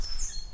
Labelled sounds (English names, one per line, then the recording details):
Stitchbird song
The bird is a male
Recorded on Tiritiri Matangi Island, New Zealand, in 2005
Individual 11, of nest box 13